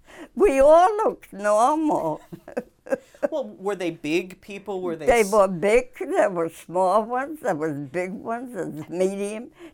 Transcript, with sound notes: We all looked normal. (she laughs)
Well, were they big people? Were they small...?
There were big ones. There were small ones. There were big ones and medium.